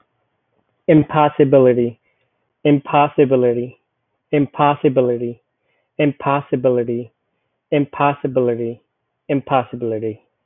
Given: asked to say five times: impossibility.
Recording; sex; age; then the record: repeated word; male; 20 to 29 years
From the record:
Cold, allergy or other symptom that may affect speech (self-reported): no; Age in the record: 23 years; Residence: South Carolina, United States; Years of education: 16